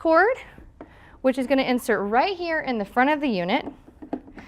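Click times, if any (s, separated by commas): 4.1 s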